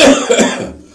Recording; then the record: coughing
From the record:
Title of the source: Residual Phlegmy Morning Coughing and Gagging